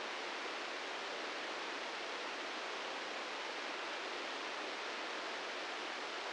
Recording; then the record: brain microelectrode recording played as sound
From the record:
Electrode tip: inside the subthalamic nucleus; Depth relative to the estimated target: -5 mm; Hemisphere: left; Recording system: NeuroSet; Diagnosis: Parkinson's disease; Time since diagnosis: 13 years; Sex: male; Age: 66 years